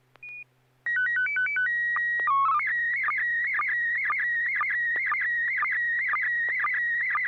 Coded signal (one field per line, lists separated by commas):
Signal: SSTV (slow-scan television)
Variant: PD 120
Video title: N6NA SSTV Net - 01/08/2025